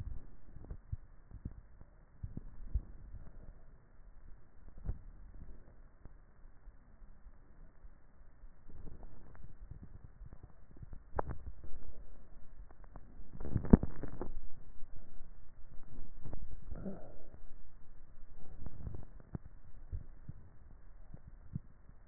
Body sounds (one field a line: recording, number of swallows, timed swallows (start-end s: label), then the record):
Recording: swallowing sounds by neck microphone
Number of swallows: 2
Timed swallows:
2.72-3.35 s: swallow
5.08-5.48 s: swallow
From the record:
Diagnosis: dysphagia